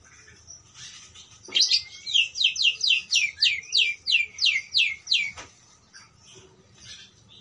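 Parakeet chirps in a quick, evenly spaced run of many sharp notes, with softer twitters before and after.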